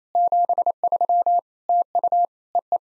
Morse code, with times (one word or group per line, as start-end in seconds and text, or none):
0.1-1.4 73
1.7-2.3 TU
2.5-2.8 EE